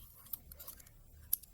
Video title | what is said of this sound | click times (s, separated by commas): Dispositivos inhalados | La bajamos hasta escuchar otro clic | 1.3 s